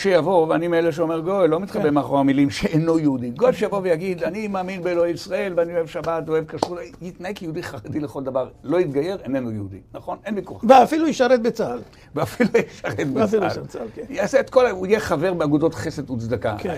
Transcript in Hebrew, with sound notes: שיבוא ואני מאלה שאומר גוי לא מתחבא מאחורי המילים 'שאינו יהודי' גוי שיבוא ויגיד אני מאמין באלוהי ישראל ואני אוהב שבת ואוהב כסות יתנהג יהודי חרדי לכל דבר לא יתגייר איננו יהודי נכון אין ויכוח
הרב: ואפילו ישרת בצה"ל [צחוק]
ישרת בצה"ל יעשה את כל הוא יהיה חבר באגודות חסד וצדקה
הרב: